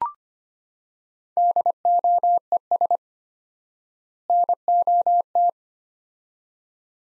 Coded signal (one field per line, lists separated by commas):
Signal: Morse code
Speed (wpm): 25 wpm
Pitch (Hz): 700 Hz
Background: none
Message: DOES NOT